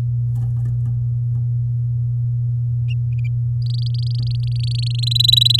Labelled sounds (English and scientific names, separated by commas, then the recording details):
Domestic Canary (Serinus canaria) song
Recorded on 10 May 2018 at 06:16
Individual llb16